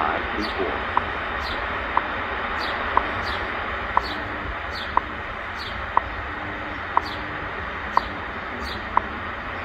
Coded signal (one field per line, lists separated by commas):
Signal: radio time signal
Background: speech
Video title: Tecsun H-501X VS Tecsun PL-990x on WWV 15000 kHz Shortwave W6LVP loop antenna testing